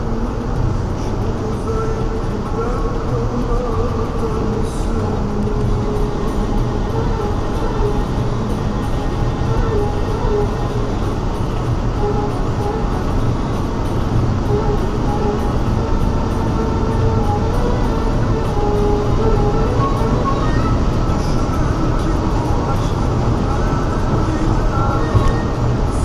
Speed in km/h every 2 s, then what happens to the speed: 141, 143, 146, 148, 149, 151, 155, 159, 163, 166, 167, 166, 164.
0-18 speeds up to 166. 18-26 steady at about 166.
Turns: none.